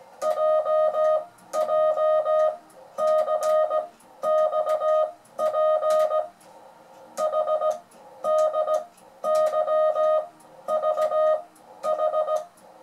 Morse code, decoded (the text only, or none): JJCXP HDYVH